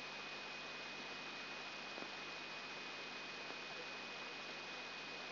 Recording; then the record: brain microelectrode recording played as sound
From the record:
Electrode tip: inside the subthalamic nucleus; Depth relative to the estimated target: 0 mm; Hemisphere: left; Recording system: AlphaMap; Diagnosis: Parkinson's disease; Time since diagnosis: 8 years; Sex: female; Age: 37 years